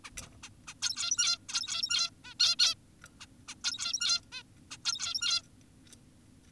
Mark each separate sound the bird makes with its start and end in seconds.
0.04-0.10, 0.22-0.27, 0.43-0.50, 0.68-0.74, 0.82-1.38, 1.49-2.10, 2.24-2.34, 2.40-2.56, 2.59-2.75, 3.20-3.26, 3.48-3.55, 3.64-4.21, 4.32-4.43, 4.71-4.78, 4.85-5.42